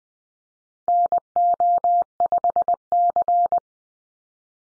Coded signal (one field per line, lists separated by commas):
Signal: Morse code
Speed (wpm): 20 wpm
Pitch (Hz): 700 Hz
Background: none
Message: NO5C